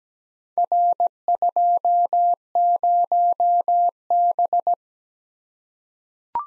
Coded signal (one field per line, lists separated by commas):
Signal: Morse code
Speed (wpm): 17 wpm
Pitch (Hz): 700 Hz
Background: none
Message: R20B